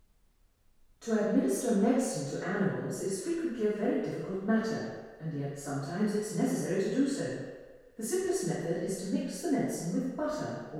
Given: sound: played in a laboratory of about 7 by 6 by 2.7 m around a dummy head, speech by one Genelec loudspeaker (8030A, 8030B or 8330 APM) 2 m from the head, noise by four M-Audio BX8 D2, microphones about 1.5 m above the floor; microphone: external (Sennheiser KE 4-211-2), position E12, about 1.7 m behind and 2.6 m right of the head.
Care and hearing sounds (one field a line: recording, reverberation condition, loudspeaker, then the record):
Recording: female speech in English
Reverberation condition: high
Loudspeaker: behind (180 degrees)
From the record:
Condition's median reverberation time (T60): about 1300 ms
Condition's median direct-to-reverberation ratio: about -4.0 dB